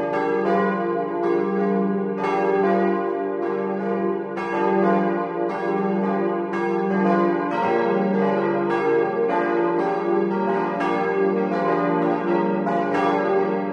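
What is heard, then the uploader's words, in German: Church bells ring the noon peal, several bells swinging together in a dense, continuous overlapping clang. Strikes arrive roughly every second, each with a bright metallic attack and a long humming tail that keeps the sound full and steady throughout. Zwölfuhrläuten aus Seeshaupt in Oberbayern, Kirche St. Michael.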